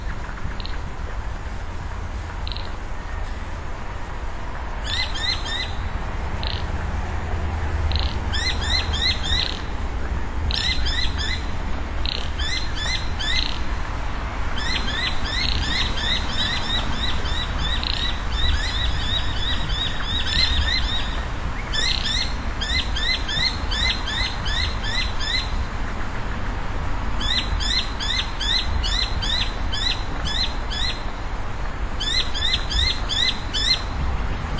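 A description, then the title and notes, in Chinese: Wetland calls of frogs and birds, with bursts of quick, bright, pulsed chirping that begin around five seconds in and repeat every few seconds until the end. A steady low rumble and a soft hiss run underneath throughout. 蛙鸣：鸟、蛙、湿地。澳大利亚悉尼奥林匹克公园。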